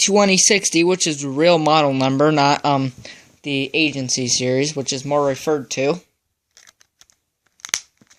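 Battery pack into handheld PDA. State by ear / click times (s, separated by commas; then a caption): seated / 7.6 s, 7.7 s. A plastic 900 mAh battery pack is pushed into the back of a handheld PDA while someone talks. After the talking stops, a few faint ticks are followed by sharp snaps at 7.7 s and 7.7 s as the pack seats in place.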